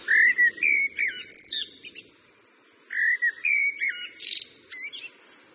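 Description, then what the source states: Common Blackbird song with two rich, fluting, whistled phrases, each sliding into higher twittering notes and squeaky flourishes, separated by a short pause. Song judged the most beautiful; ideal for waking up gently and, like other bird songs, can benefit psychological balance.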